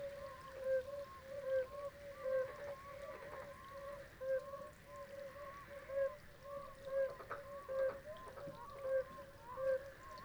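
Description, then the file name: Oriental fire-bellied toads calling in chorus, soft mellow notes repeated in a pulsing rhythm, several callers overlapping, with brief clicks in the background. Several toads singing at Xi Shan, 18 April 2026, 19:20. "2026-04-18-1920-Oriental-Fire-bellied-Toads-singing-Xi Shan"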